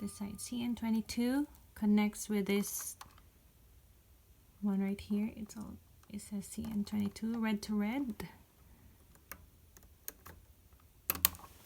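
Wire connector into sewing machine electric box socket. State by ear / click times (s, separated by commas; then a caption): seated / 11.1 s, 11.2 s. A red-to-red, color-matched wire connector is pushed into its socket on the electric box of a Juki DDL 9000C SMS sewing machine while someone talks. After a few faint taps, two close, sharp clicks at 11.1 s and 11.3 s show the connector has seated.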